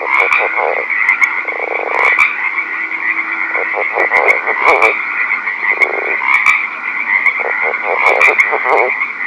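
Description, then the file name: Northern leopard frog with clucking pulse runs and two buzzy rasps, while a persistent high trilling chorus fills the background. Recorded at night. "rpipiens night"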